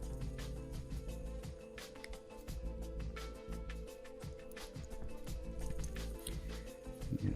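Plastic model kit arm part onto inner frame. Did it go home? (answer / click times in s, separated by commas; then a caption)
no / none. A plastic arm part from a Bandai PG Unicorn model kit is pressed onto the inner arm frame during arm assembly, with faint short plastic taps at about 1.8, 2.0, 5.8 and 6.3 seconds over steady background music. The part has not clicked into place yet, and it is left unforced so as not to push it too hard.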